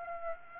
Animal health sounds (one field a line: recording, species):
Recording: mosquito wingbeat signal from an infrared sensor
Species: Aedes aegypti